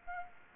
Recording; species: mosquito wingbeat signal from an infrared sensor; Aedes aegypti